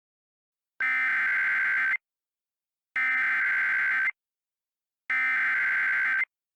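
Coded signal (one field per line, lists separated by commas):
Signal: Emergency Alert System (SAME) tones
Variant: header bursts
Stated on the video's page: SAME tones in a fictional EAS scenario about Siren Head attacking Loveland, Colorado.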